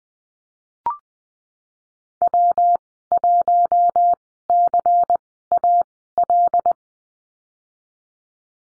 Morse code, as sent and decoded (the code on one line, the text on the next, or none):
.-- .---- -.-. .- .-..
W1CAL